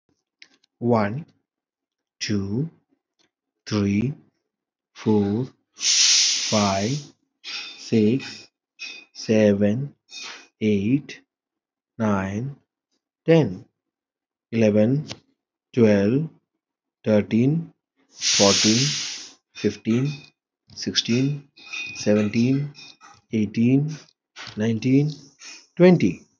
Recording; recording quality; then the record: counting at a normal pace; moderate, slight background noise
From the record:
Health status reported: healthy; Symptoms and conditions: none ticked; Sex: male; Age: 40 years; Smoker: not ticked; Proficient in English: yes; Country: India